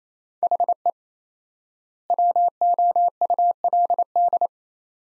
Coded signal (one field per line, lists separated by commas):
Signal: Morse code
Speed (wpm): 28 wpm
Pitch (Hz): 700 Hz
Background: none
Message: HE WOULD